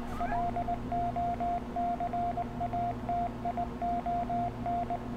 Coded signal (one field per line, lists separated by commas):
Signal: Morse code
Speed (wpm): 20 wpm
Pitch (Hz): 700 Hz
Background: radio noise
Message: LOCATION